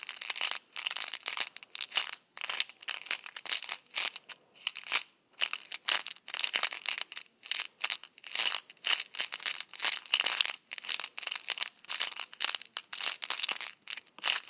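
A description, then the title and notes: Small candies roll and rattle inside a can in dense, bright clattering bursts with brief pauses. M&M’s Rolling in a Can.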